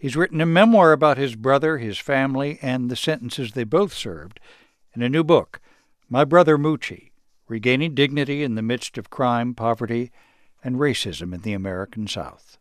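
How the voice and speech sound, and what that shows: A man reads a book introduction in clear, fluent speech at a steady pace, with brief pauses between phrases and no repeats, blocks or slurring. This is ordinary speech with no speech disorder.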